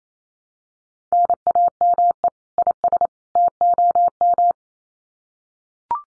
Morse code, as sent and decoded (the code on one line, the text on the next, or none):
-. .- -- . / .. ... / - --- --
NAME IS TOM